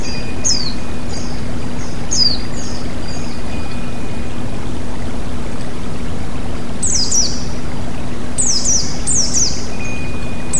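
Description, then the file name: White-eye calls: bursts of high, sharply descending chirps at the start and again in the latter half, some in fast pairs, over rushing water and a low hum. White-eye (pleci) with flowing water, bird therapy. "terapi air mengalir burung pleci"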